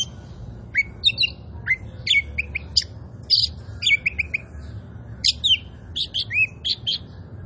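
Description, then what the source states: Oriental magpie-robin singing a busy string of slurred whistles and harsh buzzy notes, phrases following closely, with a soft low hum beneath. Local Indonesian name kacer poci; described as gacor, singing vigorously.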